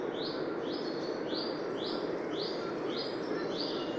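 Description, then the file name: Eurasian wren calls: seven evenly spaced, high clipped notes, about two per second, against a steady roar of background noise. "Troglodytes troglodytes"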